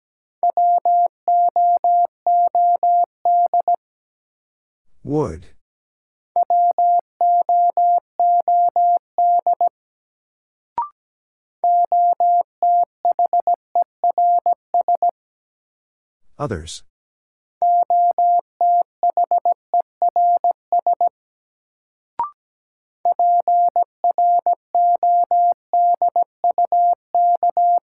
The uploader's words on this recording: New Word Drill - 17wpm. First, the word is sent in Morse code.